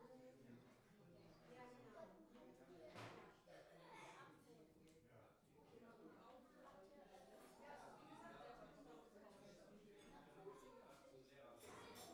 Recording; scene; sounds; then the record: everyday scene through a hearing-aid microphone; many people talking; many voices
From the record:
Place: parish hall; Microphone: behind the ear, right, rear